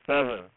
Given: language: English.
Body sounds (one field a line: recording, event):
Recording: throat vibration sensor signal played as sound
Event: speech